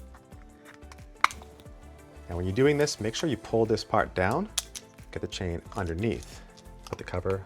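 A plastic cover on a chain-driven Ryse smart-shade motor unit is pushed in at a tab and pulled, and it unclips open with a single sharp click at 1.2 s, releasing the cover so the bead chain can be threaded underneath. Faint handling taps come before and after the click, and then someone talks.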